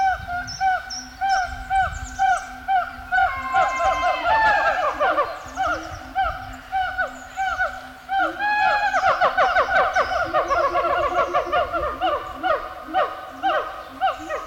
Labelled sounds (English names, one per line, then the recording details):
Siamang
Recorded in captivity
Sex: pair
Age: adult
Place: Münchner Tierpark Hellabrunn, Bayern, DE
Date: 1993-09-20 11:21
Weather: 17 °C, heiter
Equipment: Marantz CP 430, Sennheiser MKH 416 T, Kopie Uher Variocord 263
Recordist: Tembrock, Günter